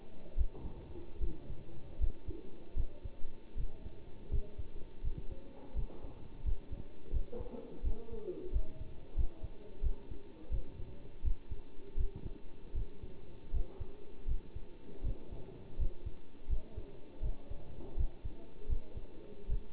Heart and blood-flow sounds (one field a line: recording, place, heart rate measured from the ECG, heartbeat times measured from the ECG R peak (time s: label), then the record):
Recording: heart sounds by stethoscope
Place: between the tricuspid and mitral areas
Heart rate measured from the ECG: 82 bpm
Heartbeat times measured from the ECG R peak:
0.37 s: heartbeat
1.20 s: heartbeat
2.00 s: heartbeat
2.76 s: heartbeat
3.56 s: heartbeat
4.31 s: heartbeat
5.03 s: heartbeat
5.75 s: heartbeat
6.44 s: heartbeat
7.12 s: heartbeat
7.83 s: heartbeat
8.52 s: heartbeat
9.16 s: heartbeat
9.82 s: heartbeat
10.51 s: heartbeat
11.23 s: heartbeat
11.97 s: heartbeat
12.74 s: heartbeat
13.53 s: heartbeat
14.27 s: heartbeat
15.03 s: heartbeat
15.78 s: heartbeat
16.49 s: heartbeat
17.22 s: heartbeat
17.97 s: heartbeat
18.68 s: heartbeat
19.48 s: heartbeat
From the record:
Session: bicycle stress test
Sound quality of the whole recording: good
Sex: male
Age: 27 years